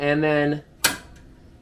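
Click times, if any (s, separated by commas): 0.8 s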